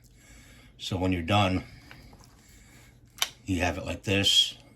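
Someone talks while handling a double-sided pellet magazine, holding 12 rounds per side, that is about to be inserted into a Webley Nemesis air pistol. Soft handling noises and a brief sharp tap are heard between the speech, but the magazine has not yet seated or clicked into place.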